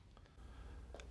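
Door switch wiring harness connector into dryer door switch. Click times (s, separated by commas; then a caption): 1.0 s. A door switch wiring harness plug is pushed back onto the door switch of a Whirlpool/Maytag/Amana dryer during a door spring (part WPW10041960) replacement, over a low steady hum. Faint ticks at about 0.2 and 0.3 s lead up to the plug's plastic locking clip snapping into place at 1.0 s, with a short sharp hit right after. The connector is seated.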